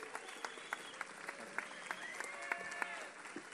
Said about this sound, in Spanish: Fuerte el aplauso para recibirlo.